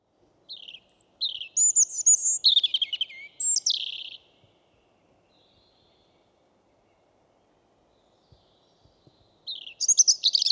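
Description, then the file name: European robin singing a run of high, sweet warbling notes with sudden pitch leaps, a long pause, then the start of another thin, twittering phrase. "Erithacus rubecula"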